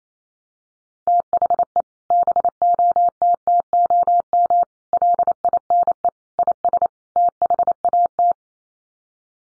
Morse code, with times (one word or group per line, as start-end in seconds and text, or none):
1.1-1.8 THE
2.1-4.6 BOTTOM
4.9-6.1 LINE
6.4-6.9 IS
7.2-8.3 THAT